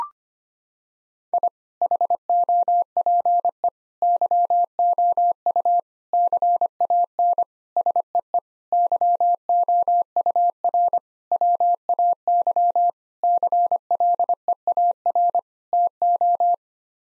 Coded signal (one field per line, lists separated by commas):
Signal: Morse code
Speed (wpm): 25 wpm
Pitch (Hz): 700 Hz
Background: none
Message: I HOPE YOU CAN SEE YOUR WAY CLEAR TO